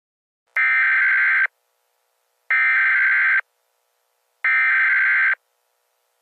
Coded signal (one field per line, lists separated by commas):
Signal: Emergency Alert System (SAME) tones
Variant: header bursts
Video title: EAS Scenario: Kentucky Coal Mine Fire